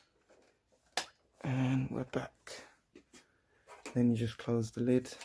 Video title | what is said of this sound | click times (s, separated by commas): Step by step guide to upgrading and installing DDR Ram on Desktop PCs | click in place and | 1.0 s